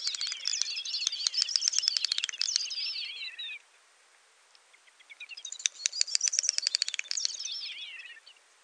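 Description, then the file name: Great snipe calling in two bursts of rapid dry clicking mixed with high twittering, warbling whistles, separated by a short quiet pause. "dubelt"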